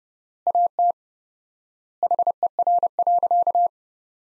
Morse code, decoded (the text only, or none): AT HER.